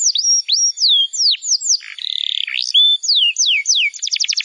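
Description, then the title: Bar-winged prinia song, varied: whistled downslurred notes, a brief buzzy stretch and a steady whistle, then more slurs and a fast closing trill. "Ciblek Sawah"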